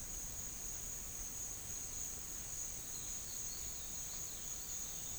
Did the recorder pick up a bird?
no